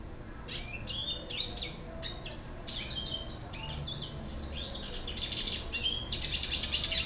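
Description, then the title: Red siskin song: quick high chirps at first, building into a dense, buzzy twittering warble. "Pavanegra. cardenalito cantando"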